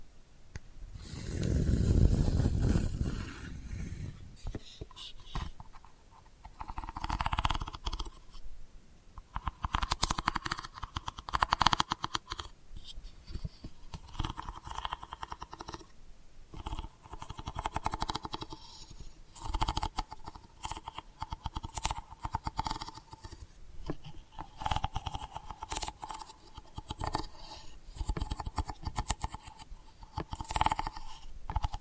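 Delicate scratching runs throughout in dense, uneven bursts of dry, crackly strokes, some louder and some fainter, with short gaps between. A deep rumbling swell opens the first few seconds. A faint steady hum sits beneath the scratching the whole time.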